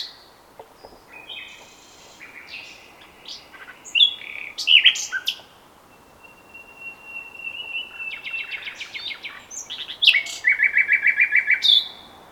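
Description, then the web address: Common nightingale song of varied chips and whistled phrases, a long level whistle, then a fast repeated note series at the end, with light background hiss. "SETE Luscinia megarhynchos"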